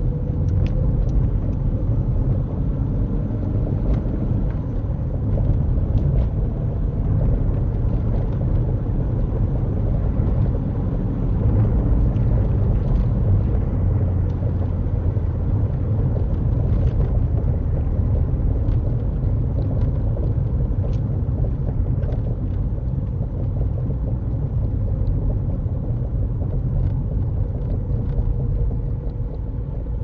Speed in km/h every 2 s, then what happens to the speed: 47, 56, 55, 60, 66, 71, 66, 61, 55, 52, 48, 47, 44, 40, 42.
0-2 speeds up to 56. 5-9 speeds up to 71. 11-30 slows to 42.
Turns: none.